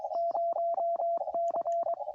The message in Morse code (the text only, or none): 0C